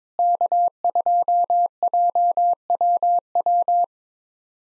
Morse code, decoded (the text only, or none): K2JWW